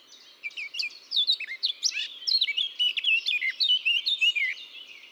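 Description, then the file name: Eurasian blackcap song, a fast scratchy warble of varied chirps and short whistles running continuously. "Sylvia atricapilla"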